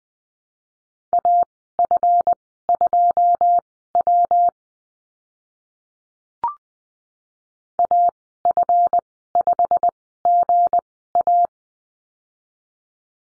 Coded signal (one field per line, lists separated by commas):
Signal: Morse code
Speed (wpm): 20 wpm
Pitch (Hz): 700 Hz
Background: none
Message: AF2W AF5GA